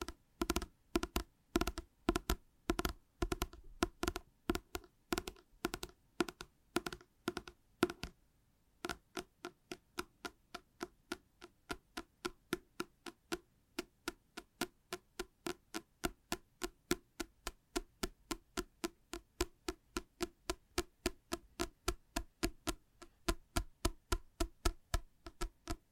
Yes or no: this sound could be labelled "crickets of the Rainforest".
no